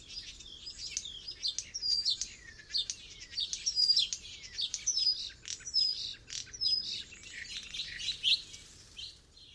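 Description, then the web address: Bird calls in a steady chorus of high twittering chirps, with repeated short downslurred whistles from several birds. "Bird Only"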